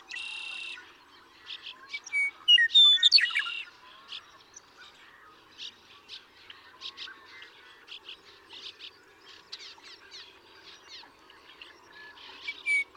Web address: birdsongforthecurious Western Meadowlark